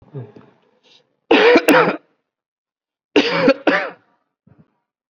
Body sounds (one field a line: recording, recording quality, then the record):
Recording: shallow voluntary cough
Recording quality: excellent, no background noise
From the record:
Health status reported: COVID-19 positive, moderate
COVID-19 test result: positive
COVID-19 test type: RT-PCR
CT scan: not taken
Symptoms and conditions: cough, cold, breathing difficulty, fatigue, muscle pain, diabetes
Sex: male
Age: 53 years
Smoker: no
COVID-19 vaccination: one dose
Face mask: worn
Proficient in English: no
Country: India